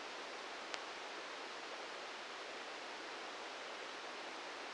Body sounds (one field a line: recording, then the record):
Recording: brain microelectrode recording played as sound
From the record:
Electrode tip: outside the subthalamic nucleus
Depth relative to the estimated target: 2 mm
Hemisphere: left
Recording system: NeuroSet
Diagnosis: Parkinson's disease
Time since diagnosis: 13 years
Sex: male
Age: 66 years